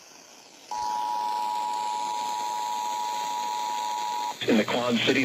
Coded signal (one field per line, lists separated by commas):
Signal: Emergency Alert System (SAME) tones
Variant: 853 and 960 Hz attention tone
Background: speech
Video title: WLKU EAS Severe Thunderstorm Warning (April 8, 2020)